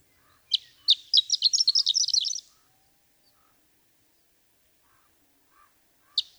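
Horned lark giving a high, sparkling song phrase: two sharp lead-in notes, then a quick tumbling run of tinkling notes, followed by quiet and a single sharp note near the end.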